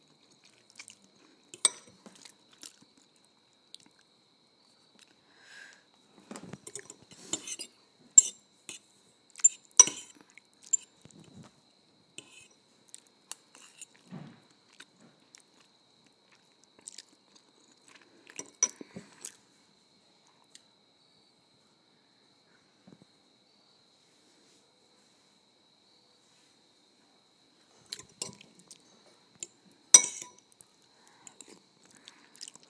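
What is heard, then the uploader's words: Ramen noodles eaten in sparse bursts of clicks, slurps and chewing, busiest around 6–11 and 28–31 seconds, with long quiet gaps between. ASMR Ramen Noodles.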